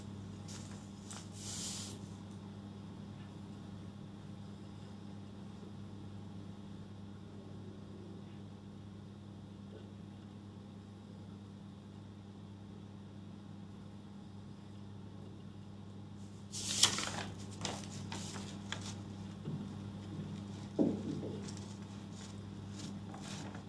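Someone works through notes, with a low steady hum running underneath the whole time. Brief crisp rustles of paper come near the start and again in a cluster around seventeen seconds, followed by scattered small taps and a sharper knock near twenty-one seconds.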